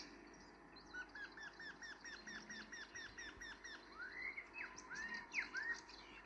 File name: Rossignol philomele